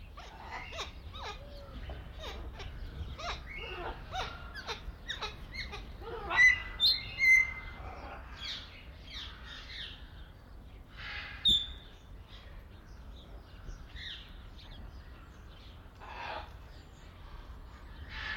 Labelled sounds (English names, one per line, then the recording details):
Greater Vasa Parrot
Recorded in captivity
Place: Zoo Berlin, Berlin, DE
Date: 1995-03-11 11:56
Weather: sonnig, 0 - 5°C
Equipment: Sony WM-D6C, Sennheiser ME 80, Kopie Uher Variocord 263
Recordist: Tembrock, Günter